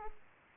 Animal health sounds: mosquito wingbeat signal from an infrared sensor; Aedes aegypti

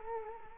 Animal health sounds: mosquito wingbeat signal from an infrared sensor; Culex quinquefasciatus

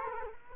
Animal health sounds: mosquito wingbeat signal from an infrared sensor; Culex quinquefasciatus

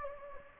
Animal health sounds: mosquito wingbeat signal from an infrared sensor; Anopheles gambiae

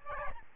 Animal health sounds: mosquito wingbeat signal from an infrared sensor; Aedes albopictus

